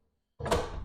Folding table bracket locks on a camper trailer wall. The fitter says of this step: then when you're done you just grab the two handles snap those and